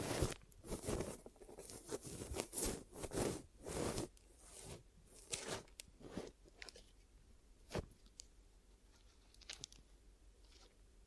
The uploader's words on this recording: ASMR Sleepy Glue Ear Massage and Cleaning (No Talking).